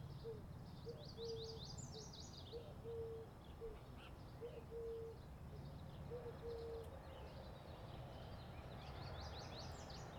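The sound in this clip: Birds chirping: bursts of quick, high, descending chirps at the start and end, with short, flat, lower whistles repeated through the first part.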